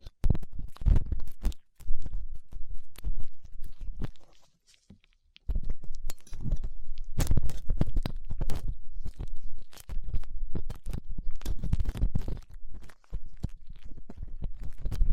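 Ear cleaning with latex gloves, a dental pick and cotton swabs: dense crackly scratching and rubbing, mostly low and muffled with sharp bright clicks scattered throughout. The handling stops in near silence around 5 seconds and briefly at 13 seconds, then resumes.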